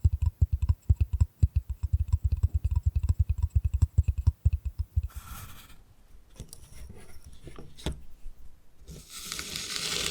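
Bamboo is tapped in a quick, fairly regular run of dull, woody knocks for about five seconds. Then the tapping gives way to hissing scratching and brushing strokes, with a few sharp clicks scattered through, and the brushing grows louder and brighter near the end.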